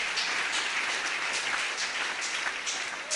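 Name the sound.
audience clapping loudly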